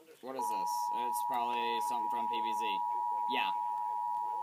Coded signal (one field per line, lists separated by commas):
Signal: Emergency Alert System (SAME) tones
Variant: 853 and 960 Hz attention tone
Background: speech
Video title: EAS 3047-3048 TOR FROM WESA